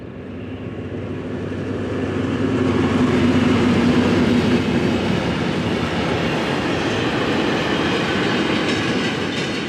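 A former Reichsbahn diesel locomotive, 112-331, hauling empty freight wagons rumbles steadily past, the low engine drone rising after a couple of seconds and holding loud, with a rattling clatter of wagons and a faint tonal hum throughout.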